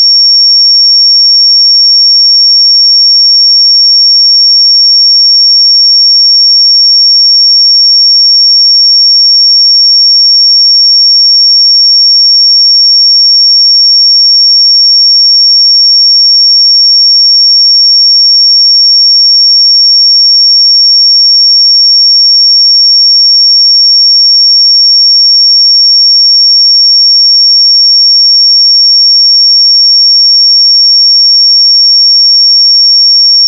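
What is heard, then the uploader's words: A pure sine tone at 5511 Hz holds perfectly steady for the whole recording, a single thin, bright whistle with no wavering. Its loudness never changes, and nothing else sounds around it. 5511 Hz 1 Hz Interval Sine Pure Tone Frequency 441000 Sample Mono.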